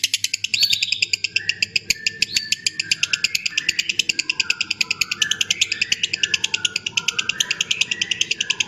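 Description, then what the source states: Lovebird in a fast, high chattering trill that runs without pause, with lower whistled notes weaving underneath. Ngekek style song, a long chattering lovebird song used as a lure or training song for other birds.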